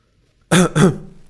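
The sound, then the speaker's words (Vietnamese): An angry, choking cough from the story character Chu Tề Du, choking with rage: two harsh, rasping bursts in quick succession, loud and throaty with a strained voiced edge, then a brief wheezy trail into quiet. “Lần này không phải lão thái giám ho khan, mà là Chu Tề Du bị tức.”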